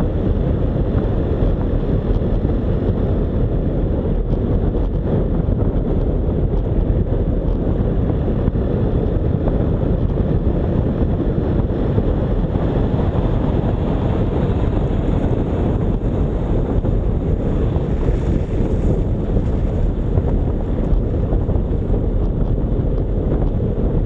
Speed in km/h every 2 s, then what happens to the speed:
41, 40, 39, 40, 42, 45, 45, 40, 35, 33, 32, 32.
0-5 steady at about 40. 5-12 speeds up to 45. 12-18 slows to 33. 18-24 steady at about 32.